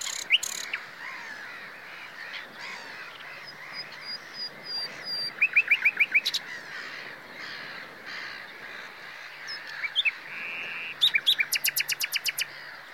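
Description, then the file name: Common nightingale singing varied phrases: sharp opening notes, a run of quick repeated notes, and a final fast rattle of clicky notes, over low background noise. "Luscinia megarhynchos"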